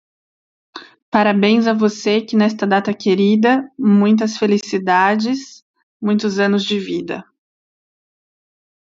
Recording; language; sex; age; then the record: short text; Brazilian Portuguese; female; 30 to 39 years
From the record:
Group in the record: control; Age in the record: 33 years